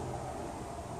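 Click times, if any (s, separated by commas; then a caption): none. A metal retaining clip is being refitted on a flushed shift solenoid that has been pushed back into the valve body of a 4L60E automatic transmission, as part of a repair for the transmission being stuck in limp mode with only manual 2nd working. Only a steady, broadband noise with a low hum is heard for about a second, with no sharp hits. Nothing has seated or clicked yet.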